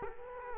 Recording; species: mosquito wingbeat signal from an infrared sensor; Culex quinquefasciatus